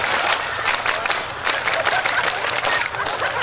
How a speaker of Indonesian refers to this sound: Tepuk pramuka.